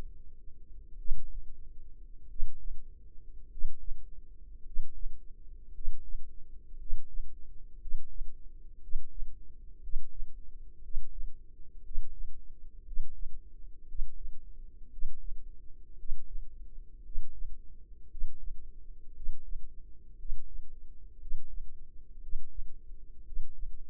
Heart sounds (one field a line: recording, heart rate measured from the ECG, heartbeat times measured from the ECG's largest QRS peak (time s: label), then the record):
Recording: heart sounds by microphone in the left ear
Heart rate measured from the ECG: 57 bpm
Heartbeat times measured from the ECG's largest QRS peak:
0.96 s: heartbeat
2.26 s: heartbeat
3.47 s: heartbeat
4.61 s: heartbeat
5.70 s: heartbeat
6.75 s: heartbeat
7.77 s: heartbeat
8.78 s: heartbeat
9.79 s: heartbeat
10.80 s: heartbeat
11.81 s: heartbeat
12.82 s: heartbeat
13.84 s: heartbeat
14.88 s: heartbeat
15.95 s: heartbeat
17.01 s: heartbeat
18.07 s: heartbeat
19.12 s: heartbeat
20.15 s: heartbeat
21.17 s: heartbeat
22.18 s: heartbeat
23.22 s: heartbeat
From the record:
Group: healthy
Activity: breath hold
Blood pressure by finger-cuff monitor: 89/45 mmHg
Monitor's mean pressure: 56 mmHg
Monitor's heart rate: 59 bpm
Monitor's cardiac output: 4.7 L/min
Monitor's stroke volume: 81 mL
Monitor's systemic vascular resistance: 800 dyn s/cm5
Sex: male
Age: 25 years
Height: 170 cm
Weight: 70.4 kg